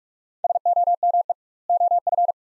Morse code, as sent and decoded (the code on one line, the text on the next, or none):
... --- -- . / --- ..-.
SOME OF